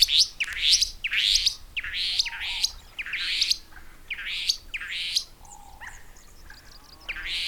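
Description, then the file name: Restless flycatcher calling with loud, buzzy, rising rasps repeated in a series, then trailing into softer notes. "Myiagra Inquieta"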